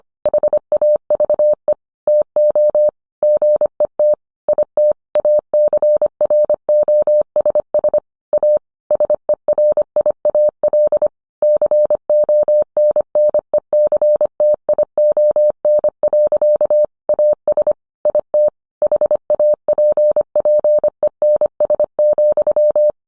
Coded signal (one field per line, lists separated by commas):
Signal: Morse code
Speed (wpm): 25 wpm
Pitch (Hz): 600 Hz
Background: none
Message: HAVE TO GET IT ACROSS A SERIAL CONNECTION. AS IT HAPPENS,